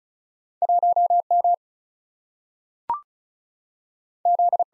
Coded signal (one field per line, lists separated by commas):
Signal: Morse code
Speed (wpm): 36 wpm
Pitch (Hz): 700 Hz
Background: none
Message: 1M Z